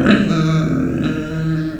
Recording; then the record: squeal of a Yucatan mini pig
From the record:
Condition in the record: after surgery on the right vocal fold (resection and tissue-engineered implant); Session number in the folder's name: 6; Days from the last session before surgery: 40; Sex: female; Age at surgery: 19 weeks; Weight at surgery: 25 kg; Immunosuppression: prednisolone